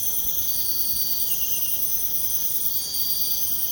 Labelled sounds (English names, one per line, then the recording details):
none
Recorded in pastures near Puerto Asís, Putumayo, Colombia, on 23 June 2025 at 04:30
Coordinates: 0.496, -76.326
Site GP01